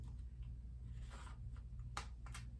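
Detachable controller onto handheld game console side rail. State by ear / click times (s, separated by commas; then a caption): seated / 2.0 s. A detachable plastic Joy-Con controller is slid down the side rail of a Switch OLED handheld console, with a soft scraping slide around 1.0 to 1.3 s. It locks in with a sharp click at 2.0 s, followed by a fainter tick near 2.3 s. The controller is seated.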